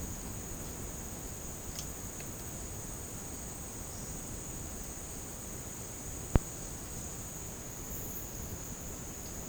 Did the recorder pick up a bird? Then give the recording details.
no. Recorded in dense forest near Puerto Asís, Putumayo, Colombia, on 29 June 2025 at 11:00. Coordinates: 0.486, -76.317. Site G065